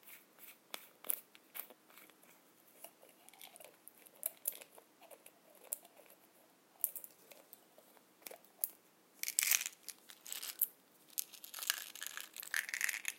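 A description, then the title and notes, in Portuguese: Sounds of pills: sharp clicks and small crunches scattered irregularly through the first half. From about nine seconds on the crunching thickens into bright, dense bursts, with a louder cluster near the end. Sons de comprimidos.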